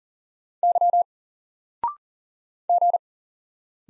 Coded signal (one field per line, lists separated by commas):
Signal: Morse code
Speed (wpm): 40 wpm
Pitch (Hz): 700 Hz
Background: none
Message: Y G